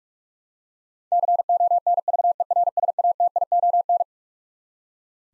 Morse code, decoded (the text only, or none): CONVERSATION